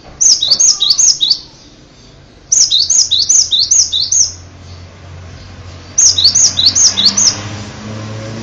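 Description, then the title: Bird song: three phrases of high, fast downslurred whistles, each of several notes, separated by short pauses. "kikicau"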